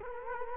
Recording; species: mosquito wingbeat signal from an infrared sensor; Culex quinquefasciatus